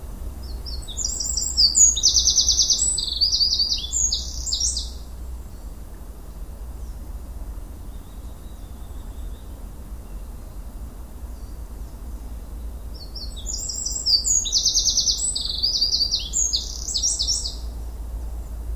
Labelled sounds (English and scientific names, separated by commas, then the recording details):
Eurasian Wren (Troglodytes troglodytes)
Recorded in the wild
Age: adult
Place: Villach, Kärnten, AT
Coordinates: 46.591, 13.824
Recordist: Brunner, Thomas